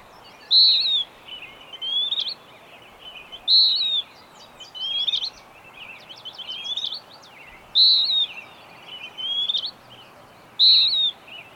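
Bird repeating clear whistled phrases alternating with softer rising notes, many times, over steady background hiss.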